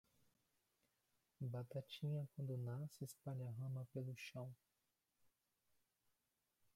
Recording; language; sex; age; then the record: short text; Brazilian Portuguese; male; 20 to 29 years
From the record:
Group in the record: control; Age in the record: 23 years